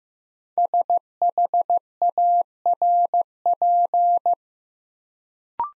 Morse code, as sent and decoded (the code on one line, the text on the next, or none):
... .... .- .-. .--.
SHARP